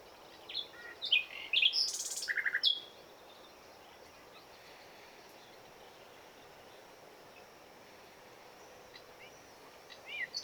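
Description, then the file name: Common nightingale song phrase of varied chirps ending in a quick series of repeated notes, followed by a long quiet gap and a new phrase starting at the end. "Luscinia megarhynchos"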